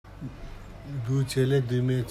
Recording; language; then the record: elicited speech; Bengali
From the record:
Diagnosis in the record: Broca's or global aphasia after a stroke